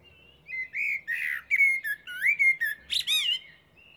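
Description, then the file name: Eurasian blackbird delivering a continuous warbled phrase of fluty, wavering whistles, closing with shrill high twittering notes. "Turdus merula"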